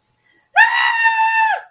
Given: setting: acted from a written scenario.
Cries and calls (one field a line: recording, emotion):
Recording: vocal sound without words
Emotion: fear